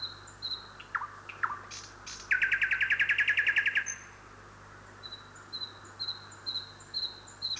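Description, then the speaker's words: Common nightingale song: a few sliding whistles, then a loud fast rattling trill of even notes, followed by soft high repeated chirps. The start of a strophe is marked by a pause and a characteristic opening phrase the nightingale uses to begin each strophe. "Начало строфы можно узнать по паузе и по характерному колену, которым соловей обычно начинает каждую очередную строфу."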